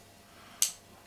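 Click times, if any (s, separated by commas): 0.6 s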